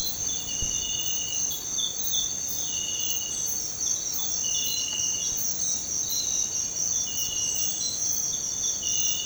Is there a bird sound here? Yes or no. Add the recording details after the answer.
no. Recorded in dense forest near Puerto Asís, Putumayo, Colombia, on 21 December 2024 at 06:00. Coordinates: 0.466, -76.327. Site G075